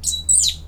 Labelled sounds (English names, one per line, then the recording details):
Stitchbird song
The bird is a male
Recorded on Tiritiri Matangi Island, New Zealand, in 2005
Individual 14, of nest box 20